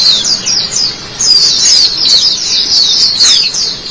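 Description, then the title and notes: White-eye delivering quick, high, sibilant twitters that tumble together, with a brief lull near the start before resuming strongly. "Suara kicauan burung pleci"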